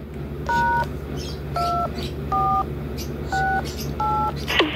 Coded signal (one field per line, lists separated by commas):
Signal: DTMF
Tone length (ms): 310 ms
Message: #2468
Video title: Talking repeater cor clock dtmf